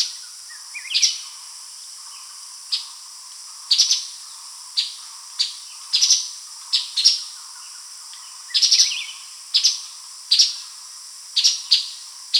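Streaked spiderhunter calls, sharp high chipping notes given singly or in quick pairs at irregular intervals, with a steady high insect-like hiss and faint other bird notes behind.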